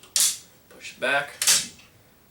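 The folded stock of a CYMA CM.031D (AK-105) airsoft AK replica is pulled free of the side clamp on the rifle's receiver, releasing with a sharp snap at 0.2 s. Someone talks afterward, and a second sharp snap follows near 1.4 s.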